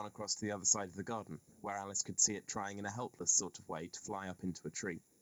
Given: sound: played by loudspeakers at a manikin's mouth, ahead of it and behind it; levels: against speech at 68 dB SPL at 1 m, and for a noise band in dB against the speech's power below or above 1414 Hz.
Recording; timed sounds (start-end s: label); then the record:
test signals for a remote microphone
0.00-5.22 s: man speaking
From the record:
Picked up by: remote microphone A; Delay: 47 ms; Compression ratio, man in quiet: 8.14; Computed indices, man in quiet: SII 0.991, HASPI 1.000, HASQI 0.503 (non-linear 0.584, linear 0.862), ESTOI 0.841